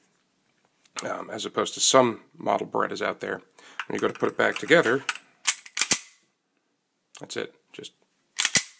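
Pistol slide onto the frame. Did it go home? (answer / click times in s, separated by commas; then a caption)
yes / 8.6 s. Someone talks while reassembling a Beretta 92A1 pistol, putting the steel slide back onto the frame. After a few sharp clicks around 5.5–5.9 s, the slide is yanked back and snaps into place with a click at 8.6 s, locking up automatically.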